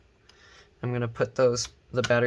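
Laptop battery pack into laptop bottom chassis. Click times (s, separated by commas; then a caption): 0.3 s. A laptop battery pack is set feet down first into the bottom chassis of an Acer Aspire A717-72G series (N17C3) laptop, then pressed so its plastic clips snap into place. A short, quiet click is heard at 0.3 s, and the battery is seated. Afterward someone talks.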